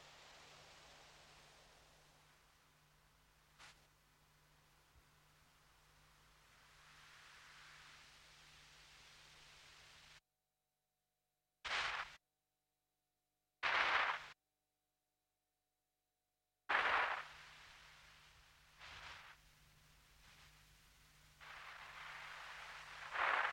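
Experimental electronic tape loop built from low tape noises and a steady low hum, with soft hiss swelling and fading. Midway the sound cuts out to total silence several times, broken by brief bright bursts of noise, before the hissy texture returns and builds toward the end.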